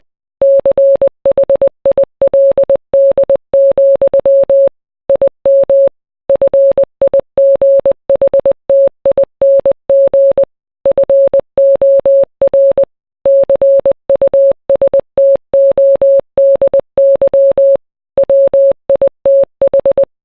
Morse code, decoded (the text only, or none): CHILD, IM FIGHTING FOR CUSTODY WITH